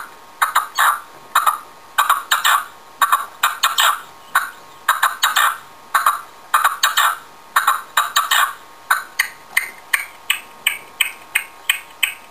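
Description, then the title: Partridge song, rapid sharp clicking notes in quick groups of two or three, running steadily and speeding into single evenly spaced notes near the end. "Pavanegra. PERDIZ CANTANDO"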